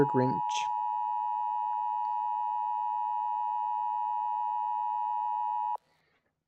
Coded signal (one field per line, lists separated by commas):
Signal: Emergency Alert System (SAME) tones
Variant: 853 and 960 Hz attention tone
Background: speech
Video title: Watching EAS Scenarios, again